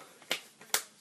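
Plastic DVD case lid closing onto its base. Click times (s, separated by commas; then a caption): 0.3 s, 0.7 s. A homemade makeup palette made from a plastic DVD case is snapped shut, its plastic lid closing onto the base. Two sharp plastic snaps ring out at 0.3 s and 0.7 s, and the lid is closed and seated.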